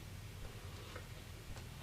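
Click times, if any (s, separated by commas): none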